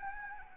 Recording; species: mosquito wingbeat signal from an infrared sensor; Anopheles gambiae